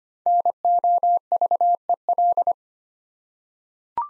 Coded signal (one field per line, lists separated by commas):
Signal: Morse code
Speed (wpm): 25 wpm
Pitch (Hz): 700 Hz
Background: none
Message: NOVEL